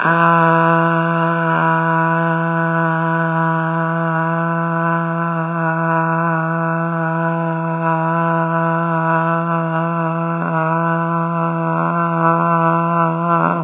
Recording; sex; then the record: sustained vowel /a/; female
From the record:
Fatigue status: no fatigue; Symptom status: symptomatic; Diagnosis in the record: COVID-19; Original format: 3gp